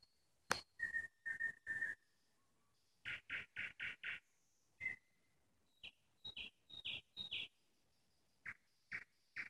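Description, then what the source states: Nightingale song: a sharp opening note, then strings of rapid repeated rattling notes, pure whistles, and loud repeated notes separated by short silences. Nightingale singing in the Parus garden community, Moscow region (Podmoskovye).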